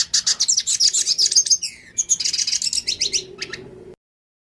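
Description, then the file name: Yellow-faced siskin giving a short burst of quick, high twittering song with a few buzzy slurred notes, ending abruptly after about four seconds. Northeast Brazil. "pintassilgo do nordeste"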